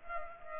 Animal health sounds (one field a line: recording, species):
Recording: mosquito wingbeat signal from an infrared sensor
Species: Culex pipiens